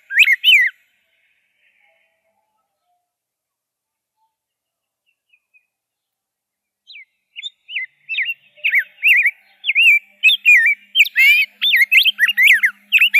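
Rose-breasted grosbeak song: one brief warbled burst, then about six seconds of silence before a quickening series of sweet, slurred notes resumes.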